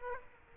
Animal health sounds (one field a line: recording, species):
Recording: mosquito wingbeat signal from an infrared sensor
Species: Aedes aegypti